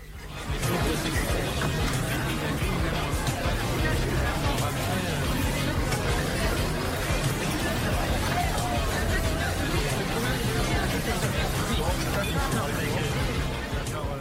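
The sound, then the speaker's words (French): A steady hubbub of many overlapping voices chatting at once over a shared midday meal, a lively crowd babble that holds at an even level throughout, with no single voice standing out. “Les discussions du midi se dispersent au tintement de la vaisselle et chacun, chacune, retourne à ses activités.”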